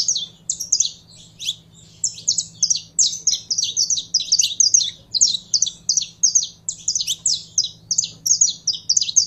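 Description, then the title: Canary song of quick, high, clipped notes in rhythmic pulses, a short lull near the start, then lively nonstop chirping over a faint steady hum. Song of a purebred Belgian canary. "Canto Do Canário Belga Puro"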